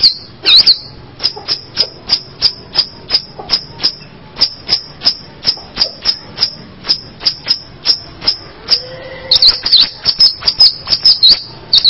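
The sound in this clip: Bird giving sharp, high, clipped chirps repeated steadily, with a few quicker twittering notes near the end.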